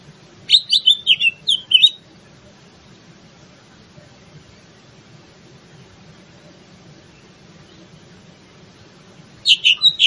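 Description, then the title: Greater green leafbird song: a short burst of rapid, high whistled and trilled notes, a long quiet gap, then another burst beginning. Bird in full song, described as gacor. "Cucak Ijo Gacor"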